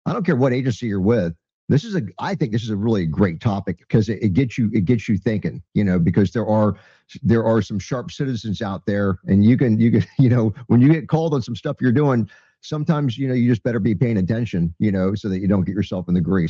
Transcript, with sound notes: I don't care what agency you're with, this is a g- I think this is a really great topic 'cause it, it gets you, it gets you thinking, you know, because there are, there are some sharp citizens out there and you can, you c- (laughs) you know, when you get called on some stuff you're doing, sometimes, you know, you just better be paying attention, you know, so that you don't get yourself in the grease.